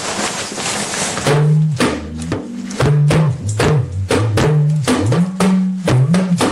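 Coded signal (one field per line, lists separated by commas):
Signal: talking drum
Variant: Yoruba dùndún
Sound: rapid drum strokes whose low pitch rises and falls like speech tones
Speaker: that is to say cabo shi da [Music] welcome everybody we have been expecting every single uh one of you and then did you arrive safely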